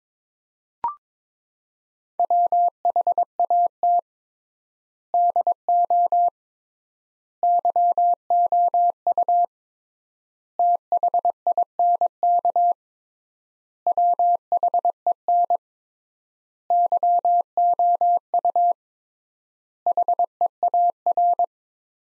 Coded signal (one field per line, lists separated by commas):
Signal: Morse code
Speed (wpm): 22 wpm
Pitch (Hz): 700 Hz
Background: none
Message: WHAT DO YOU THINK WHEN YOU HEAR